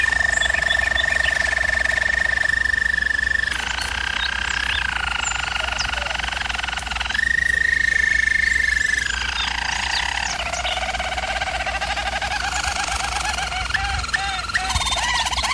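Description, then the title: German Roller canary song: long rolling trills and sustained tours, shifting pitch between sections, continuous and fluid with little pause. Singing used for canary training. "German Roller Canary Singing - Canary Training Vid"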